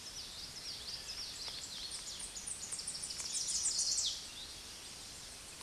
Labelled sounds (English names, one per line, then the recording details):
Tennessee Warbler song
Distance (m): 25 m
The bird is about 10 m above the microphone
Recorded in a Pennsylvania forest on 16 May 2024 at 09:05
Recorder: AudioMoth, point MSD-1360
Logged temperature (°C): 14.8 °C
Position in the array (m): 164 m, 182 m